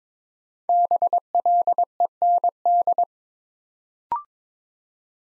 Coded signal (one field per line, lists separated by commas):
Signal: Morse code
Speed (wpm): 23 wpm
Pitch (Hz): 700 Hz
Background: none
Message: BLEND